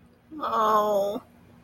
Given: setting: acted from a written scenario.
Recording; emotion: vocal sound without words; guilt